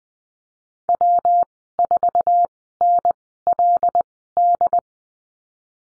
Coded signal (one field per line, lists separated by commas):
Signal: Morse code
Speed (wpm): 20 wpm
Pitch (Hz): 700 Hz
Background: none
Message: W4NLD